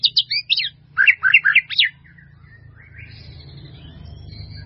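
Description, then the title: White-rumped Shama singing a brief burst of quick, sweeping whistled notes, then falling silent while a low rumbling background noise continues. "murai batu"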